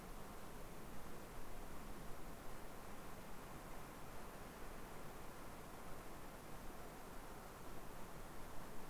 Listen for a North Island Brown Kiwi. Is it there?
no